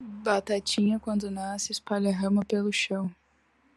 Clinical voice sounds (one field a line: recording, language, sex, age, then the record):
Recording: short text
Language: Brazilian Portuguese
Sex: female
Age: 20 to 29 years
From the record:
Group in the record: control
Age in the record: 22 years